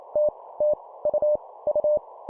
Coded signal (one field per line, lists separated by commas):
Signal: Morse code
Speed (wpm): 28 wpm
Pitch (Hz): 600 Hz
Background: none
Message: T T U U